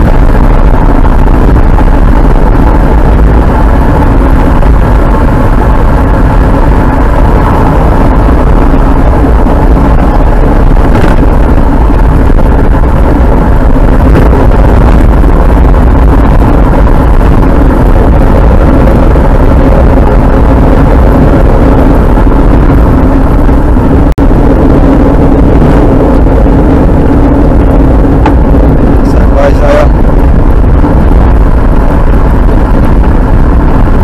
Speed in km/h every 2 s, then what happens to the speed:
68, 68, 70, 70, 62, 61, 62, 61, 61, 61, 62, 62, 52, 45, 43, 52, 57.
0-27 slows to 43. 28-34 speeds up to 57.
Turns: 24-28.